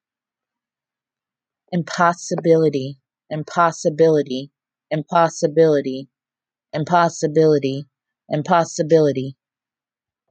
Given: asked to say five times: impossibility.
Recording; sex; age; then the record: repeated word; female; 30 to 39 years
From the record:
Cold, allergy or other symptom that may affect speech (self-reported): no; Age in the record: 33 years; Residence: New Jersey, United States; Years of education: 13